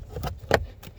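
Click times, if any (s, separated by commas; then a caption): 0.5 s. A plastic cabin air filter access cover is pushed back into the dashboard housing behind the glovebox of a 2020 Chevrolet Traverse V6 after the cabin air filter is swapped. Soft rustling and handling noise lead to a sharp click at 0.5 s. The cover seats in place.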